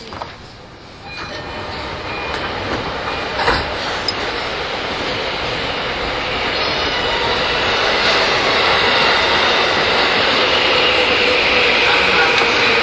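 An E231 series Yamanote Line train on the outer loop, its rolling noise rising steadily over the first seconds and then holding as a dense, even roar. A few short clicks and knocks stand out early on, around the third and fourth seconds.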